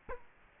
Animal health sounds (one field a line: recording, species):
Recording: mosquito wingbeat signal from an infrared sensor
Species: Culex quinquefasciatus